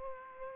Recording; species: mosquito wingbeat signal from an infrared sensor; Aedes aegypti